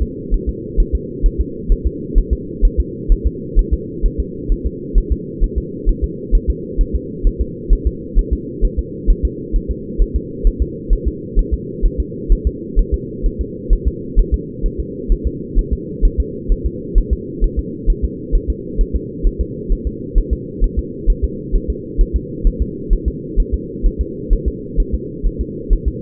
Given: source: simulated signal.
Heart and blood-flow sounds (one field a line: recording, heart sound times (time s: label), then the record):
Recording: fetal heart sounds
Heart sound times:
0.02 s: S2
0.34 s: S1
0.49 s: S2
0.80 s: S1
0.95 s: S2
1.26 s: S1
1.41 s: S2
1.72 s: S1
1.87 s: S2
2.18 s: S1
2.33 s: S2
2.65 s: S1
2.80 s: S2
3.12 s: S1
3.27 s: S2
3.59 s: S1
3.73 s: S2
4.05 s: S1
4.20 s: S2
4.52 s: S1
4.66 s: S2
4.98 s: S1
5.12 s: S2
5.44 s: S1
5.58 s: S2
5.89 s: S1
6.04 s: S2
6.35 s: S1
6.50 s: S2
6.81 s: S1
6.95 s: S2
7.27 s: S1
7.41 s: S2
7.73 s: S1
7.87 s: S2
8.19 s: S1
8.33 s: S2
8.64 s: S1
8.79 s: S2
9.10 s: S1
9.25 s: S2
9.56 s: S1
9.71 s: S2
10.02 s: S1
10.16 s: S2
10.47 s: S1
10.62 s: S2
10.93 s: S1
11.08 s: S2
11.39 s: S1
11.54 s: S2
11.86 s: S1
12.00 s: S2
12.32 s: S1
12.47 s: S2
12.79 s: S1
12.94 s: S2
13.26 s: S1
13.41 s: S2
13.73 s: S1
13.88 s: S2
14.19 s: S1
14.34 s: S2
14.66 s: S1
14.80 s: S2
15.12 s: S1
15.27 s: S2
15.59 s: S1
15.73 s: S2
16.05 s: S1
16.20 s: S2
16.52 s: S1
16.66 s: S2
16.98 s: S1
17.13 s: S2
17.44 s: S1
17.59 s: S2
17.90 s: S1
18.05 s: S2
18.35 s: S1
18.50 s: S2
18.81 s: S1
18.95 s: S2
19.27 s: S1
19.41 s: S2
19.72 s: S1
19.87 s: S2
20.18 s: S1
20.33 s: S2
20.64 s: S1
20.79 s: S2
21.10 s: S1
21.24 s: S2
21.55 s: S1
21.70 s: S2
22.01 s: S1
22.16 s: S2
22.47 s: S1
22.62 s: S2
22.93 s: S1
23.08 s: S2
23.40 s: S1
23.54 s: S2
23.86 s: S1
24.01 s: S2
24.33 s: S1
24.48 s: S2
24.80 s: S1
24.94 s: S2
25.27 s: S1
25.41 s: S2
25.73 s: S1
25.88 s: S2
From the record:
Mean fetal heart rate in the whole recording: 130 bpm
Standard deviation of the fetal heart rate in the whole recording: 2 bpm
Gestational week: 38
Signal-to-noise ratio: -4.1 dB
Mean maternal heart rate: no maternal heart sound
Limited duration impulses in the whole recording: absent